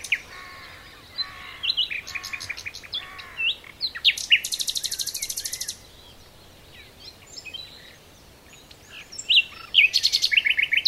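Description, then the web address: Common nightingale song: varied phrases and a long, very fast high buzzy trill, a pause, then a loud run of repeated notes at the end. "SETE data Luscinia megarhynchos"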